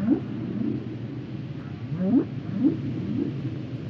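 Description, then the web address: Whale calls as several short low upward swoops over a dense rumbling background. "Natures Songs Whale Songs Whales and Dolphins - whale nature sounds songs"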